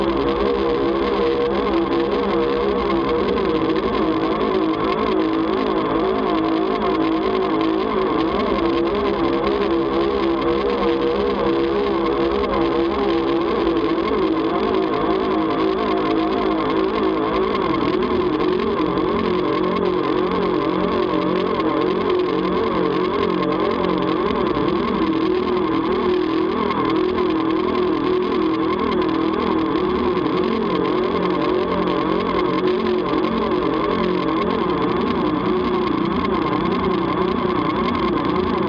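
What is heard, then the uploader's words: Analog space noise: a thick, continuous drone of layered tones over a hiss that stops short of the very high end. Pitches wobble up and down in slow, regular sweeps, more pronounced after about seventeen seconds, giving a rumbling, engine-like churn throughout. Analog space noise.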